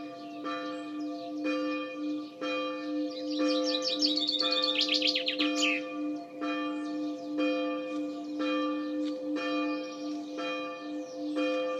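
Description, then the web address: Bird gives a brief fast descending trill midway, over a strong droning hum that cuts in and out repeatedly. "cianscape birddata Deverinetal 2025 Bird Only Fr Co"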